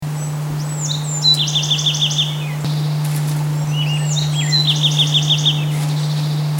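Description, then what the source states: Bewick's wren song: two phrases, each opening with a few sweeping, slurred notes and ending in a rapid trill of about seven clear notes, over a steady low hum. Recorded on 29 May 2005.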